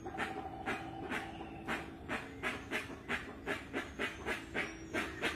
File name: Canto da jacupemba